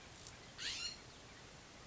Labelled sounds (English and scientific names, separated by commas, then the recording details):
California Scrub-Jay (Aphelocoma californica)
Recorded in Sonoma County, California